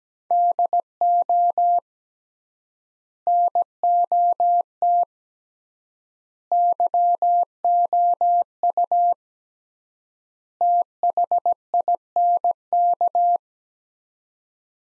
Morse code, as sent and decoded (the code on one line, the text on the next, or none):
-.. --- / -. --- - / -.-- --- ..- / - .... .. -. -.-
DO NOT YOU THINK